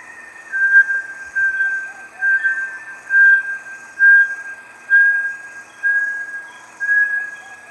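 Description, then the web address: Bartlett's tinamou giving a steady series of clear, level whistled notes, repeated roughly every second over faint background hiss. "دانلود-صدای-پرنده-وشم-بارتلت"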